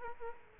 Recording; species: mosquito wingbeat signal from an infrared sensor; Aedes aegypti